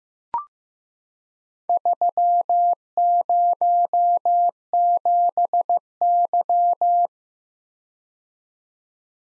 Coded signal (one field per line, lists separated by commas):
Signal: Morse code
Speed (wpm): 15 wpm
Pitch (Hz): 700 Hz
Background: none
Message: 307Y